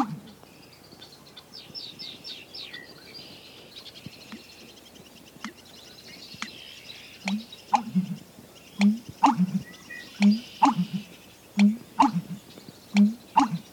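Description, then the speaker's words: American Bittern pumping song, a run of low gulping notes each ending in a sharp knock, growing louder toward the end; birds trill and chirp faintly behind. Male pumping song, played again; made by gulping and expelling air; sounds like wonk-a-chunk, like an old-fashioned pump; percussive second syllable likened to driving a stake. "Listen again to the marvelous song of the American bittern."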